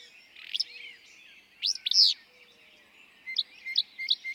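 Willow flycatcher singing a couple of short, burry, sweeping phrases, with high chirping notes from other birds near the end.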